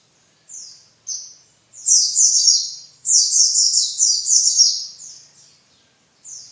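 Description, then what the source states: White-eye song, a few high single chirps followed by long, rapid, rolling trilled runs. Pleci in ngalas ngeroll singing style.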